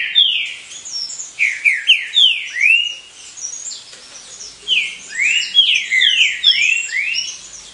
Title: Canto De Trinca Ferro Voz 06. TRINCA FERROS COMPETINDO